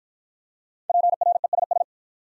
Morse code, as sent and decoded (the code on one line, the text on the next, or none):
.--. .-. . ... ...
PRESS